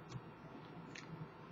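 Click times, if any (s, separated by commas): none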